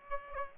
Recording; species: mosquito wingbeat signal from an infrared sensor; Aedes aegypti